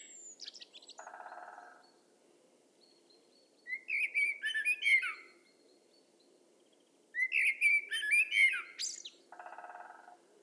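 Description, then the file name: Common blackbird song: two rich warbling phrases with shrill high endings, flanked by short buzzy rattling sounds. "Turdus merula"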